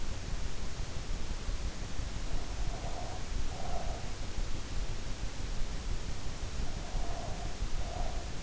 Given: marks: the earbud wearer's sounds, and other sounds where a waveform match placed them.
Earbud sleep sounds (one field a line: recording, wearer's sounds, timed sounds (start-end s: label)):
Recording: sounds in sleep by an in-ear microphone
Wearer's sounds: breath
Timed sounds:
2.09-4.17 s: breath
6.64-8.43 s: breath